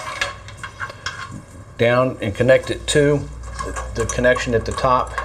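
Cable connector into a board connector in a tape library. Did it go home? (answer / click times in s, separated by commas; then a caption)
no / none. A cable routed down through a tape library is handled toward the connector at the top of the board, with light handling taps near 0.2, 0.5, 0.6 and 1.1 seconds while someone talks. Nothing has seated or clicked yet; the cable connector has not snapped into place.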